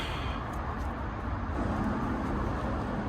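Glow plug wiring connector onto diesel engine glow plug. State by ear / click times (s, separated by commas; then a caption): not seated / none. A plastic glow plug wiring connector is handled as it is pushed back onto a glow plug in the diesel engine of a Nissan X-Trail 1.6 dCi. Only a steady, low, broadband rumble is heard for about 3.2 seconds, with no sharp transients. Nothing has seated or clicked yet.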